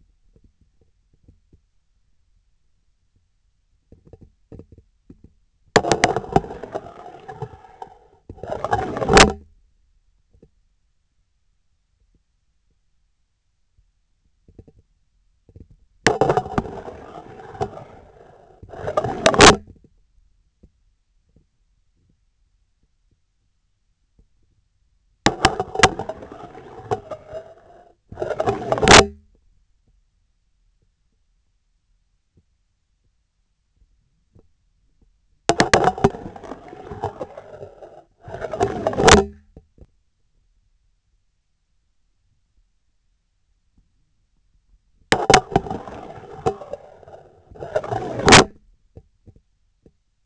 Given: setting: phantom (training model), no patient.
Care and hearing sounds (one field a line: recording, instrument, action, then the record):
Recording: laparoscopic instrument, vibration sensor on the handle end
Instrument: scissors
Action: insertion and removal through the trocar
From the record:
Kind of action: spatial motion